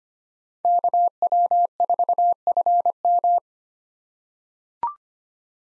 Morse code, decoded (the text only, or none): KW4FM